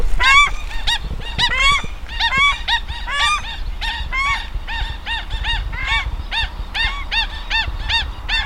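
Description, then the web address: Paradise shelduck honking calls, a rapid run of nasal, arched notes from several overlapping birds, louder at the start then steady, over a low background rumble. "paradise shelduck. صدای-پرنده-تنجه-بهشتی"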